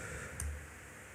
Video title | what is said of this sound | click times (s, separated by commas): Rig POC Talkcom 9900 | Ini yang lekungannya di atas ya, kita masuk, tekan aja, cetek sampai bunyi klik gitu ya. Itu udah masuk. | 0.4 s